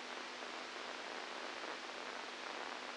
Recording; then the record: brain microelectrode recording played as sound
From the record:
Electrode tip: inside the subthalamic nucleus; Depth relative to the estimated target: -2 mm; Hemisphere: right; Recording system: NeuroSet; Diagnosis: Parkinson's disease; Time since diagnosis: 10 years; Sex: female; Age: 67 years